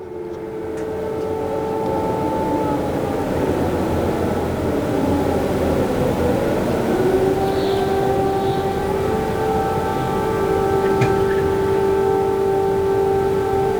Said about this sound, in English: the battle for Ukraine is continuing this morning after a series of pre-dawn missile strikes on the capital, Kyiv, by Russian invasion forces. Sirens sounded all across the city shortly after dawn this morning.